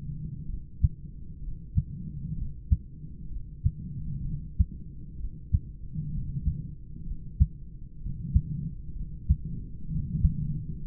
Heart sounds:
heart sounds by stethoscope; 64 bpm
0.46 s: heartbeat
1.40 s: heartbeat
2.34 s: heartbeat
3.28 s: heartbeat
4.22 s: heartbeat
5.16 s: heartbeat
6.10 s: heartbeat
7.03 s: heartbeat
7.98 s: heartbeat
8.93 s: heartbeat
9.87 s: heartbeat
10.81 s: heartbeat
From the record:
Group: heart failure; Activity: rest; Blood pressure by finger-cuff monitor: 109/74 mmHg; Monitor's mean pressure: 89 mmHg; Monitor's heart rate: 64 bpm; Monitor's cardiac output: 3.9 L/min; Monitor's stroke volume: 61 mL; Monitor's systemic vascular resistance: 1680 dyn s/cm5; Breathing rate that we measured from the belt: 30 breaths a minute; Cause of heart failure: idiopathic cardiomyopathy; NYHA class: 2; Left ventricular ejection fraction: 17%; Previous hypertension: absent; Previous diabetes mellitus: absent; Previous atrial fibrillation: present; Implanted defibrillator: present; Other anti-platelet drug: absent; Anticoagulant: edoxaban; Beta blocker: bisoprolol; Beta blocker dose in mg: 7.5 twice daily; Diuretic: furosemide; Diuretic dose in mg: 20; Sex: male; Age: 63 years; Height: 160 cm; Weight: 69 kg

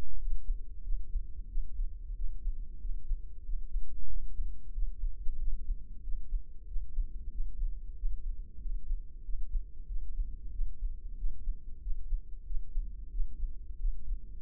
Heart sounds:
heart sounds by microphone in the left ear; 93 bpm
0.21 s: heartbeat
0.86 s: heartbeat
1.51 s: heartbeat
2.18 s: heartbeat
2.83 s: heartbeat
3.47 s: heartbeat
4.11 s: heartbeat
4.76 s: heartbeat
5.41 s: heartbeat
6.05 s: heartbeat
6.70 s: heartbeat
7.34 s: heartbeat
7.99 s: heartbeat
8.63 s: heartbeat
9.26 s: heartbeat
9.90 s: heartbeat
10.54 s: heartbeat
11.20 s: heartbeat
11.84 s: heartbeat
12.48 s: heartbeat
13.13 s: heartbeat
13.81 s: heartbeat
From the record:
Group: healthy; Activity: rest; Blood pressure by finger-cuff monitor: 141/70 mmHg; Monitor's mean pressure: 91 mmHg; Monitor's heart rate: 94 bpm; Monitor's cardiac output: 8.4 L/min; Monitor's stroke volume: 91 mL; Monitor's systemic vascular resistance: 790 dyn s/cm5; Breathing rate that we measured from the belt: 20 breaths a minute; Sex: male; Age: 21 years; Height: 175 cm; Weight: 72.6 kg

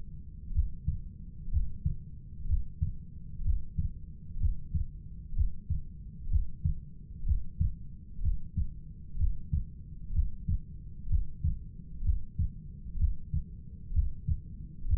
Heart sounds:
heart sounds by stethoscope; 63 bpm
0.54 s: heartbeat
1.52 s: heartbeat
2.48 s: heartbeat
3.44 s: heartbeat
4.40 s: heartbeat
5.36 s: heartbeat
6.30 s: heartbeat
7.26 s: heartbeat
8.23 s: heartbeat
9.18 s: heartbeat
10.14 s: heartbeat
11.10 s: heartbeat
12.04 s: heartbeat
12.99 s: heartbeat
13.94 s: heartbeat
14.88 s: heartbeat
From the record:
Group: heart failure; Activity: breath hold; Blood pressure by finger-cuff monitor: 103/75 mmHg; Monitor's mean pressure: 83 mmHg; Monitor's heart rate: 63 bpm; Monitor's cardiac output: 5.1 L/min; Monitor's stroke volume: 81 mL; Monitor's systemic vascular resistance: 1200 dyn s/cm5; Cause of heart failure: idiopathic cardiomyopathy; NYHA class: 1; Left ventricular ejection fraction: 50%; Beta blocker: bisoprolol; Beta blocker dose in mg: 5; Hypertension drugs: candesartan, spironolactone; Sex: male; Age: 54 years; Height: 180 cm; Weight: 94.6 kg

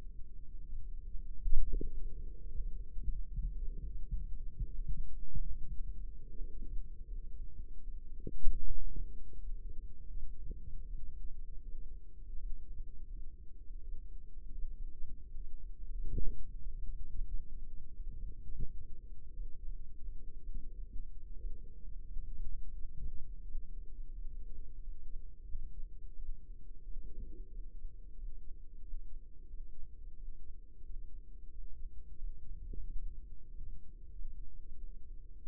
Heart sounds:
heart sounds by microphone in the right ear; 89 bpm
0.24 s: heartbeat
0.82 s: heartbeat
1.39 s: heartbeat
1.93 s: heartbeat
2.47 s: heartbeat
3.01 s: heartbeat
3.55 s: heartbeat
4.10 s: heartbeat
4.66 s: heartbeat
5.50 s: heartbeat
6.29 s: heartbeat
7.05 s: heartbeat
7.81 s: heartbeat
8.57 s: heartbeat
9.36 s: heartbeat
10.08 s: heartbeat
10.83 s: heartbeat
11.61 s: heartbeat
12.36 s: heartbeat
13.08 s: heartbeat
13.80 s: heartbeat
14.51 s: heartbeat
15.20 s: heartbeat
15.91 s: heartbeat
16.59 s: heartbeat
17.26 s: heartbeat
17.93 s: heartbeat
18.63 s: heartbeat
19.32 s: heartbeat
20.02 s: heartbeat
20.70 s: heartbeat
21.36 s: heartbeat
22.04 s: heartbeat
22.72 s: heartbeat
23.42 s: heartbeat
24.11 s: heartbeat
24.80 s: heartbeat
25.48 s: heartbeat
26.15 s: heartbeat
26.83 s: heartbeat
27.50 s: heartbeat
28.15 s: heartbeat
28.80 s: heartbeat
29.47 s: heartbeat
30.15 s: heartbeat
30.82 s: heartbeat
31.50 s: heartbeat
32.16 s: heartbeat
32.82 s: heartbeat
33.47 s: heartbeat
34.11 s: heartbeat
34.75 s: heartbeat
35.38 s: heartbeat
From the record:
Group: healthy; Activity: Valsalva maneuver 0-2 s, rest 2-35 s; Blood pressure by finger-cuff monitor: 113/67 mmHg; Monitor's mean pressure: 80 mmHg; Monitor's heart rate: 86 bpm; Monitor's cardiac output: 6.4 L/min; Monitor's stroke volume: 76 mL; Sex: male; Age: 22 years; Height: 181 cm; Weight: 60 kg

